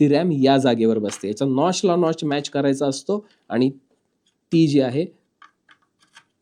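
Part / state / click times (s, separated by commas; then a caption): RAM module into motherboard memory slot / seated / 5.4 s, 6.2 s. A RAM stick is lined up by its notch and pushed into the motherboard memory slot until the retention clips snap shut. Someone talks for the first five seconds, then a few sharp clicks sound, the loudest at 5.4 s and another at 6.2 s. The RAM module is seated in the slot.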